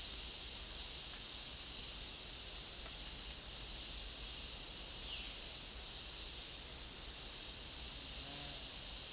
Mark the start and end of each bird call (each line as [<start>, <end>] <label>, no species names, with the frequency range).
[0.16, 0.63] bird call (4.1-6.5 kHz)
[2.52, 3.84] bird call (4.8-6.4 kHz)
[5.38, 5.90] bird call (4.0-6.4 kHz)
[7.63, 8.23] bird call (3.8-6.4 kHz)